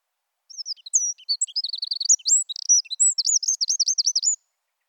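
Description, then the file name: Eurasian wren song: scattered high chirps build into a fast, varied warble and finish with a rapid, even trill of repeated notes. "Troglodytes troglodytes"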